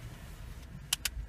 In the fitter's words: Donc j'avais mal clipsé tout à l'heure. Donc voilà,